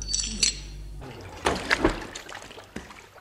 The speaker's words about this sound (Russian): эти кандалы я бросаю в пучину океана.